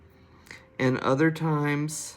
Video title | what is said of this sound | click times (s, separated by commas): Rose Montee Tennis Bracelets video link - a collection of colors | we're gonna need to use a little bit of force. And I heard a little click, so I know that that's gonna come | 0.5 s